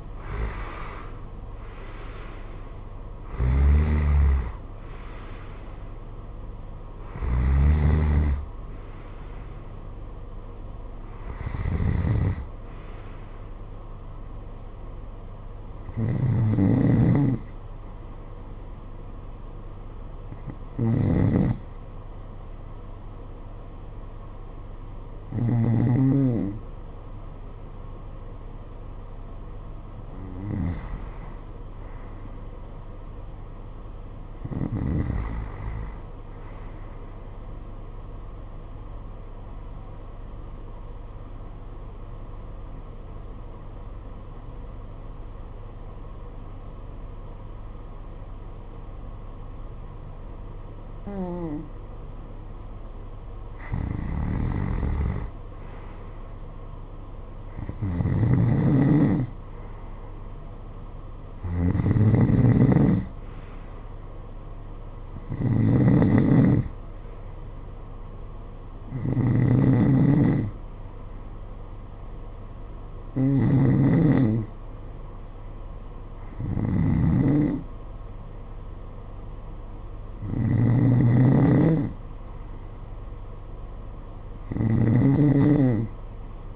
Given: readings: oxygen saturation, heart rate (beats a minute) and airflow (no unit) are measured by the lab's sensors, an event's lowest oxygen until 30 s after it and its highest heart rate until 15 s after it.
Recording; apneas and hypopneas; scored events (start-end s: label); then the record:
breathing in sleep by a smartphone at the bedside; 1
40.00-54.90 s: obstructive apnea (N1, oxygen 94% highest, then 89% lowest, heart rate 53 at the start, 57 highest)
From the record:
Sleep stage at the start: N1 (lightest sleep); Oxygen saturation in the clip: 80 to 95%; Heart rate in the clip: 48 to 73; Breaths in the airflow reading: 19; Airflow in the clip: -14.4 to 15.6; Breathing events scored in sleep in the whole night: 476 in 9.7 hours asleep